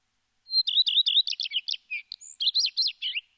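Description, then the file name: Common redstart song: a clear thin whistled opening note, then a quick jumble of high twittering and scratchy notes, a short phrase lasting about three seconds in quiet surroundings. "phoenicurus phoenicurus"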